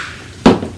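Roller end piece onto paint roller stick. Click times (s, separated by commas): 0.5 s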